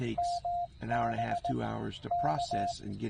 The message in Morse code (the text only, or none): MB K